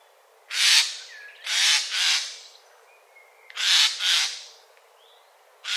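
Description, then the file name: Eurasian jay harsh, grating screeches, a single then two doubled bursts and another starting at the end, with a faint whistle between. "Garrulus glandarius"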